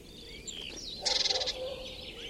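Bird calls: thin whistled chirps, then a short loud buzzy rattle of rapid pulses, followed by more soft twittering notes over a faint low hum.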